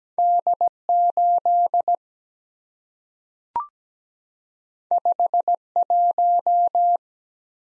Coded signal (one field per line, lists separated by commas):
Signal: Morse code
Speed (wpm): 17 wpm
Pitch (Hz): 700 Hz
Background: none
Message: D8 51